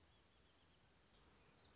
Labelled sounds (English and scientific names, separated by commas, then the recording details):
Anna's Hummingbird (Calypte anna)
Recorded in Sonoma County, California